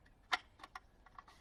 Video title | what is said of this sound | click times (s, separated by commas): Tips for building a table tennis table | and lock the right hand side. | 0.3 s